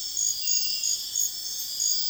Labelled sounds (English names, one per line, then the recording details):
none
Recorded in secondary vegetation near Puerto Asís, Putumayo, Colombia, on 4 March 2025 at 03:30
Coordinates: 0.498, -76.327
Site G001